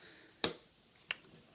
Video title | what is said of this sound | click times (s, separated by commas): How to Dismantle an old Personal Computer | You hear them click like that. | 0.4 s, 1.1 s